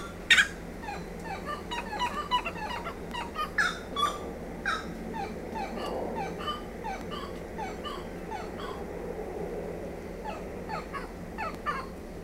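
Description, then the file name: Grey-cowled wood rail calling: many quick, clucking and honking notes in an excited, jumbled series over a low background rumble. "saracuratrespotes"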